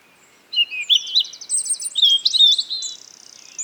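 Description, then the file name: European robin song: a high, varied phrase of sliding whistles, a rapid buzzy trill and thin sparkling notes, then a softer rattle and a final louder note. "Erithacus rubecula"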